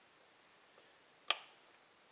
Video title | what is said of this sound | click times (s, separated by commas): Samsung Appliance Review Repair Dishwasher Error code 9e Broken Problems diy How to fix stove oven | Hear the click? That's those little tabs sliding through. | 1.3 s